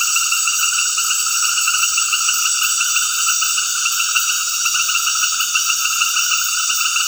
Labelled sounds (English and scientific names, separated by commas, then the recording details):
none
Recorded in dense forest near Puerto Asís, Putumayo, Colombia, on 20 February 2024 at 19:30
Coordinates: 0.496, -76.326
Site G6383